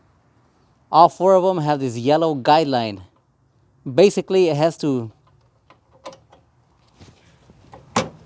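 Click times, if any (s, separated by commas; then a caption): 8.0 s. Someone talks as a metal oil cooler line is pushed into its quick-connect fitting on the radiator of an Astro / Safari, with faint clicks and taps from about 5.3 to 7.7 seconds. A loud sharp snap at 8.0 seconds marks the line popping into place and seating, at which point its yellow guide line should no longer be visible.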